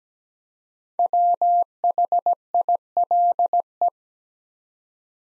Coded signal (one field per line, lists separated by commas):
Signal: Morse code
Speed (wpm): 17 wpm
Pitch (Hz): 700 Hz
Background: none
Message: WHILE